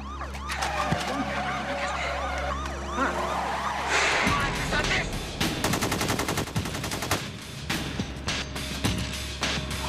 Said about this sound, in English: Okay, he's firing. He just shot through his own window.